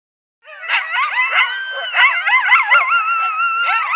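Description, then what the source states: Coyote chorus of overlapping wavering howls and rapid yips, starting abruptly and continuing steadily without pause. Coyote locator call.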